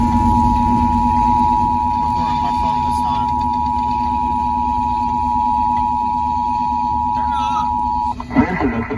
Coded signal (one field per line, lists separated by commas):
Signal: Emergency Alert System (SAME) tones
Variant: 853 and 960 Hz attention tone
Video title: EAS #67-68 Severe Thunderstorm Warning